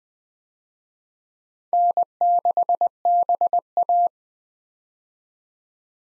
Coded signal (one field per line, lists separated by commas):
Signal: Morse code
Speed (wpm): 20 wpm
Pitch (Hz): 700 Hz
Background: none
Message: N6BA